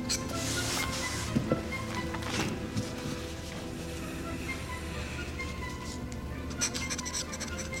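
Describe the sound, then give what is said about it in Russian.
A pen scratches across paper in quick, rough strokes as Chusov signs documents in his office, with a few sharper taps, over a steady low rumbling hum for several seconds. “Он подписывает документы.”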